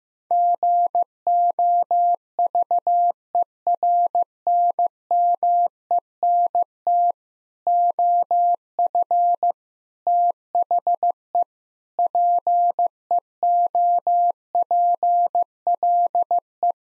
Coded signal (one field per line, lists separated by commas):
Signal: Morse code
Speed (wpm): 15 wpm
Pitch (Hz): 700 Hz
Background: none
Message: GOVERNMENT OF THE PEOPLE